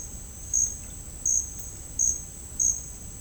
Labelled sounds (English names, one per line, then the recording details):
none
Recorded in dense forest near Puerto Asís, Putumayo, Colombia, on 22 June 2025 at 10:30
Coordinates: 0.481, -76.323
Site G072